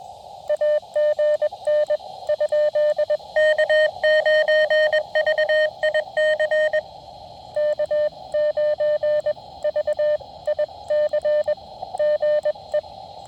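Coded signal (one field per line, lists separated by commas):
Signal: Morse code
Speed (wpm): 21 wpm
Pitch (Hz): 600 Hz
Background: radio noise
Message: AGN ? K9VIC K9VIC GE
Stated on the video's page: 20 m POTA activation late in the day, keyed with a new Putikeeg Puck key, into a 17-foot RandoWire antenna on a carbon-fiber mast.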